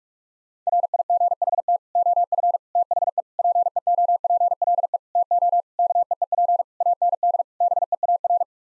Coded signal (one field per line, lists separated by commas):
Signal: Morse code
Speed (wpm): 46 wpm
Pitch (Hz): 700 Hz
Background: none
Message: RIGHT OF THE PEOPLE TO KEEP AND BEAR